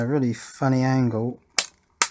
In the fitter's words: the first click and now it's